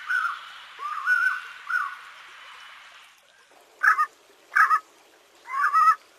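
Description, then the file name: Collared Puffbird song: hooked whistles over a noisy band at first, then after a brief lull three clipped double notes. "Canto do rapazinho de colar"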